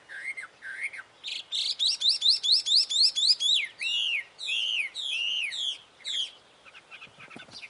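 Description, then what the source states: Chinese hwamei song: two slurred notes, then a loud run of repeated rising whistles and swooping phrases, fading into softer notes. Taiwan.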